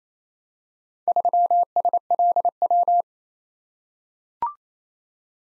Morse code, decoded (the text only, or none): 3SLW